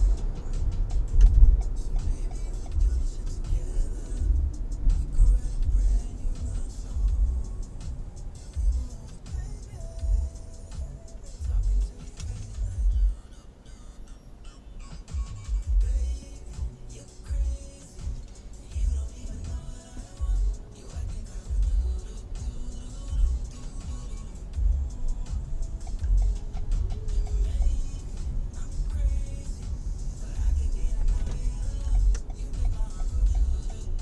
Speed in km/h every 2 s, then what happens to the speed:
39, 35, 29, 14, 10, 4, 0, 0, 0, 0, 9, 11, 18, 17, 18, 26, 23.
0-11 brakes to 0. 11-19 standing. 19-24 pulls away to 18. 28-30 speeds up to 26.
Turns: 6-9, 27-31.